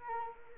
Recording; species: mosquito wingbeat signal from an infrared sensor; Anopheles arabiensis